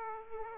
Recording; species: mosquito wingbeat signal from an infrared sensor; Aedes aegypti